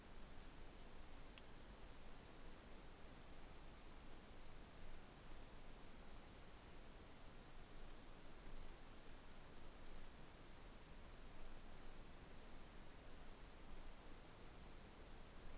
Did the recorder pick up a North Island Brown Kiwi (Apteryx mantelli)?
no